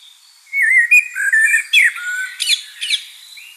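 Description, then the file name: Common blackbird singing a short fluty warbled phrase that slides and wavers, followed by a few thin squeaky high notes. "Turdus merula"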